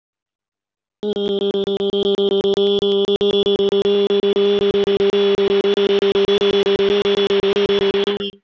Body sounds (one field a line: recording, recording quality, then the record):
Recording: sustained vowel as in beet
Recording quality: excellent, no background noise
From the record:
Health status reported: healthy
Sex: female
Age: 24 years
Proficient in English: yes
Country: India